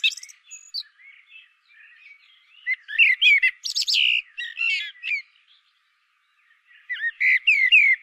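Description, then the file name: Common blackbird song: rich, slurred flute-like whistles run into sharp high twitters, a quiet gap, then another mellow warbled phrase. "Turdus merula"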